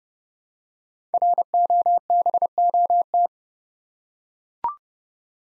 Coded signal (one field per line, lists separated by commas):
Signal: Morse code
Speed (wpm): 30 wpm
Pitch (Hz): 700 Hz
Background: none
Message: ROBOT